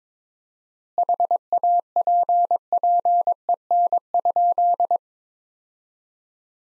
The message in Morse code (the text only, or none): HAPPEN?